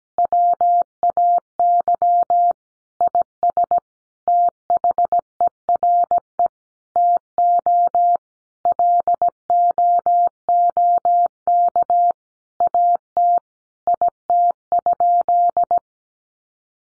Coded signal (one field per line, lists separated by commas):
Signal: Morse code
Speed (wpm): 17 wpm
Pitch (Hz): 700 Hz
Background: none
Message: WAY IS THERE TO LOOK AT IT?